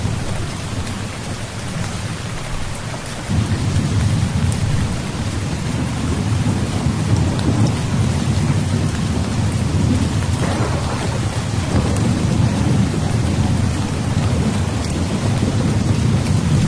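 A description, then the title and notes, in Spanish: Heavy rain pours steadily in a forest at night, a dense, constant hiss. A deep thunder rumble swells in at about three seconds and rolls on low and heavy through the rest, with brief brighter crackles near ten and twelve seconds. Sonidos de fuertes lluvias y densas tormentas eléctricas en un bosque brumoso por la noche.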